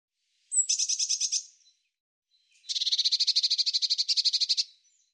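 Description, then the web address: Bird song with two trills: a short burst of high repeated notes, a pause, then a longer, slightly lower trill lasting about two seconds. "Deverinetal"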